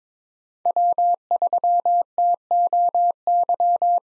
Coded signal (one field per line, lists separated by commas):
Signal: Morse code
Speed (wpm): 22 wpm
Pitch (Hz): 700 Hz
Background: none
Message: W3TOY